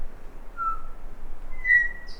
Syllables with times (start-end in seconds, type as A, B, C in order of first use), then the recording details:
0.55-0.75 A, 1.50-1.87 B. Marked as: Pipe(E[6]), Pipe(CUVbent). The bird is a male. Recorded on Cuvier Island, New Zealand, on 6 November 2016. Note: SingleClearNotes